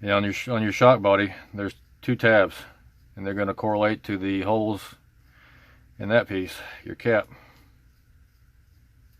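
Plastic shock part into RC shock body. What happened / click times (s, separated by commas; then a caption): Handled, not yet home: no seating click yet / none. Someone talks while handling the parts of a WPL C24 RC crawler shock, lining up the two tabs on the plastic shock cap with the holes in the shock body. Nothing has seated or clicked yet; the clip ends before the cap snaps into the shock body.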